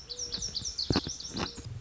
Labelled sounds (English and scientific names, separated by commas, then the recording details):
Lazuli Bunting (Passerina amoena)
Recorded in Sonoma County, California